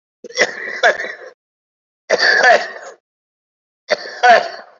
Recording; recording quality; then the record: heavy voluntary cough; excellent, no background noise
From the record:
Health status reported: COVID-19 positive, moderate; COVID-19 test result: positive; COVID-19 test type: RT-PCR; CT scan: not taken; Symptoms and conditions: cough, cold, breathing difficulty, fever, fatigue, chronic lung disease, hypertension, diabetes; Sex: male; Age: 65 years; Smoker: no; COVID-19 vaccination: both doses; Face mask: worn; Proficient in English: no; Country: India